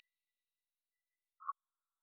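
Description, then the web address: Morelet's tree frog giving a single short clucking note amid otherwise near silence. "phyllomedusidae Agalychnis-moreletii"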